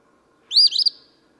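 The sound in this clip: Eastern phoebe delivering a single quick raspy phrase, sharp start then a buzzy stuttered ending.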